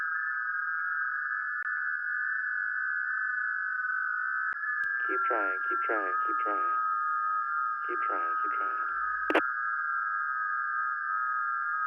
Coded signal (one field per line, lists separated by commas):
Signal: FT8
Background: speech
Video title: [LIVE - INTERACTIVE - 360] - Rev Jon Valt's Parasocial Social Hour! - Music, Ham Radio, Shenanigans